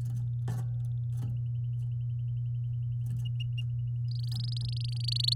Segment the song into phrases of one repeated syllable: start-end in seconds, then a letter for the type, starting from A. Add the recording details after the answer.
4.11-5.33 A. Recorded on 9 May 2018 at 05:35. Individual llb16